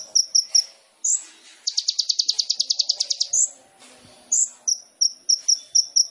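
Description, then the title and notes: Sunbird song: high chips and upslurred notes, then a fast even trill, then more clipped chips in quick succession. Indonesian masteran training song for songbirds; song style described as full isian and tembakan; bird called gacor; intended as pancingan to provoke singing. "MASTERAN KOLIBRI NINJA TERBAIK FULL ISIAN DAN TEMBAKAN MEWAH COCOK BUAT PANCINGAN. Suara Burung Kolibri Ninja Gacor"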